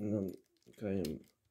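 With the release lever raised, a saw blade is being handled into the blade clamp of a Vonroc V20 cordless jigsaw while someone talks. Faint handling rattles sit under and between the speech. The blade has not yet locked into the clamp, and no click is heard.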